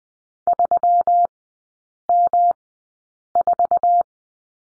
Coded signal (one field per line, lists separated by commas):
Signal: Morse code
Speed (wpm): 20 wpm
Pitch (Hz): 700 Hz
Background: none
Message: 3M4